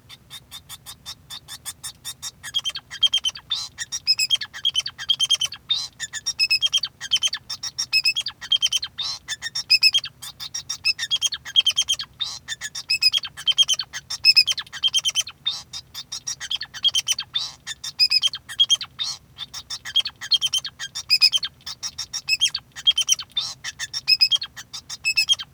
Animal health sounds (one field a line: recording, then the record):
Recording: song of a male Bengalese finch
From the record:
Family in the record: son of father 2